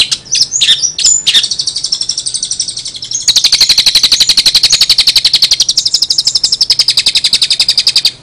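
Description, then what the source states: Long-tailed shrike starting with a few high chirps and whistles, then breaking into a fast, ringing trill of rapidly repeated notes lasting several seconds. Song style named cililinan.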